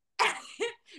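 Two harsh, rasping cough bursts from a pet lying in her bed at someone's feet, a third cough starting at the end.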